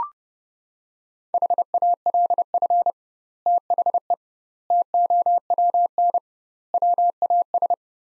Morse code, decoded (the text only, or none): HALF THE TOWN WAS